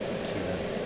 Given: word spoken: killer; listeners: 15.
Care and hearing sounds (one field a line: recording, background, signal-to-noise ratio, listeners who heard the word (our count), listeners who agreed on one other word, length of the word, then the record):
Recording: one English word in noise, from a listening test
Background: speech-shaped noise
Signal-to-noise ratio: -4.6 dB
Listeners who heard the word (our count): 1 of 15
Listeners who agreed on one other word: 6 of 15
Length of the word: 0.46 s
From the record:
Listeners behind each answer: 6, 1, 1, 1, 1, 1, 1, 1, 1, 1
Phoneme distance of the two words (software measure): 27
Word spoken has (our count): 2 syllables, 4 phonemes, stress on syllable 1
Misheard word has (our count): 1 syllable, 3 phonemes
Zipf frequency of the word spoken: 4.37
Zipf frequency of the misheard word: 4.14